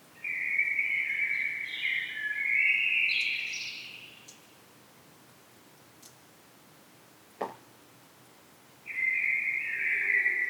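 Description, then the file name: Common blackbird singing a fluty warble that rises into a higher twitter. After a quiet gap with a faint click, another phrase starts. "Turdus merula"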